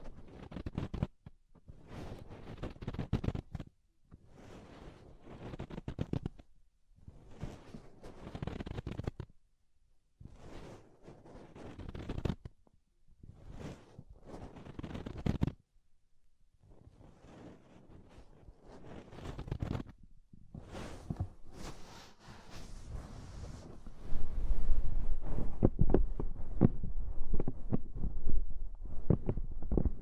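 Soft, fluffy rubbing and brushing sounds come in uneven bursts with brief silences, growing denser and louder with muffled low thumps after twenty-four seconds.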